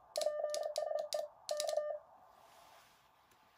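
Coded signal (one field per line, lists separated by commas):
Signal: Morse code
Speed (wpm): 28 wpm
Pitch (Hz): 1200 Hz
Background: none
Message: PSE K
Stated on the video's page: CW from an SDR Minion HF ten-band QRP transceiver made in Ukraine, whose CW mode is judged shoddy.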